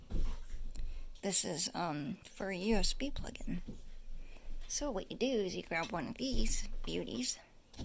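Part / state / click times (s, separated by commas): smart bracelet USB charging plug into its band/holder / not seated / none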